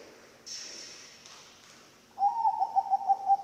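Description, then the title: Zebra dove coo phrase of quick throbbing pulses, starting late after a stretch of faint noise. Bangkok-type zebra dove (perkutut) song, used for training other birds (masteran) and as a lure (pancingan). "mster Mnuk. SUARA OCEHAN BURUNG PERKUTUT BANGKOK Untuk MASTERAN dan PANCINGAN"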